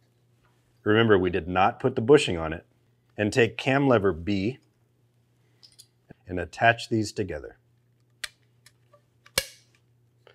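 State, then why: Seated. Someone talks while cam lever B is pushed onto leg section B of a Peak Design Travel Tripod, a section without its bushing fitted. Sharp clicks at 8.2 s and 9.4 s mark the lever's two spring buttons popping out through the holes in the leg tube, seating it.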